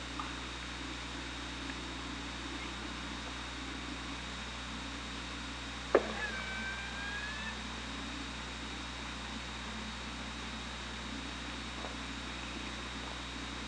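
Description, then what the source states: Killer whale call: a sharp click followed by a short tonal call, set against constant low hum and hiss. Hydrophone recording from OrcaLab, made 24 August 2017 at about 16:32.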